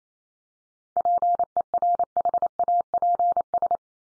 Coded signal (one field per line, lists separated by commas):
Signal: Morse code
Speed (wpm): 28 wpm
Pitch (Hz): 700 Hz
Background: none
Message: PERHAPS